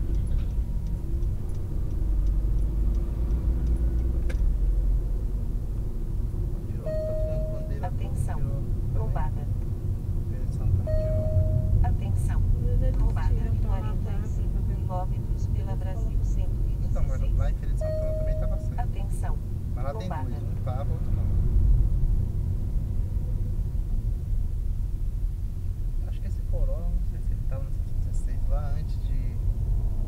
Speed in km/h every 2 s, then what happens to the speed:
31, 39, 42, 39, 37, 35, 34, 34, 32, 27, 24, 18, 14, 15, 16.
0-4 speeds up to 42. 4-23 slows to 14. 23-30 steady at about 15.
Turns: none.